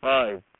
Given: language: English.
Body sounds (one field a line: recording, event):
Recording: throat vibration sensor signal played as sound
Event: speech